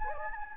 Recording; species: mosquito wingbeat signal from an infrared sensor; Anopheles gambiae